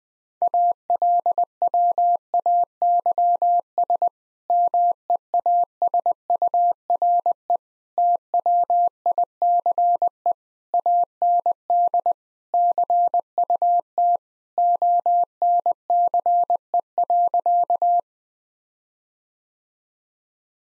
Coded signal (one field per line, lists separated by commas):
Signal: Morse code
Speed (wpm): 20 wpm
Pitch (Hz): 700 Hz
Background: none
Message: ALWAYS MEASURE TWICE AND CUT ONCE.